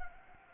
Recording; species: mosquito wingbeat signal from an infrared sensor; Anopheles gambiae